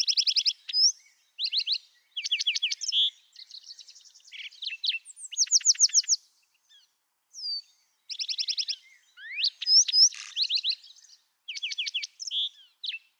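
Lark sparrow song: long, varied run of clear notes, rapid buzzy trills and churring phrases mixed with sharp slurred whistles, delivered in bursts with short pauses, on a silent background.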